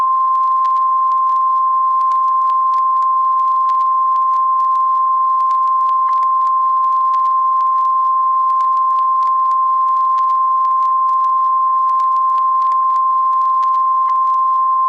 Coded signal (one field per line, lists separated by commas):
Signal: Emergency Alert System (SAME) tones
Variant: 1050 Hz attention tone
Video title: EAS scenario (the black fog) ￼PART ONE